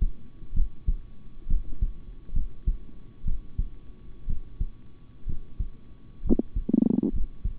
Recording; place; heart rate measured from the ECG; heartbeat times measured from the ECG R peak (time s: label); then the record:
heart sounds by stethoscope; between the tricuspid and mitral areas; 64 bpm
0.53 s: heartbeat
1.47 s: heartbeat
2.33 s: heartbeat
3.24 s: heartbeat
4.27 s: heartbeat
5.26 s: heartbeat
6.23 s: heartbeat
7.12 s: heartbeat
From the record:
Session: rest, sitting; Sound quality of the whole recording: good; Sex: male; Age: 26 years